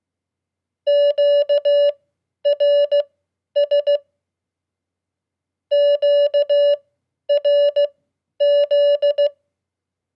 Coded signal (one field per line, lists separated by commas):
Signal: Morse code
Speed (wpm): 16 wpm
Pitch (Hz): 580 Hz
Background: none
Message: QRS QRZ